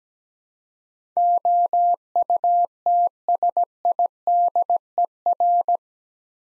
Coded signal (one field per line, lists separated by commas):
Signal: Morse code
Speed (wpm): 17 wpm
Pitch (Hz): 700 Hz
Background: none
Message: OUTSIDER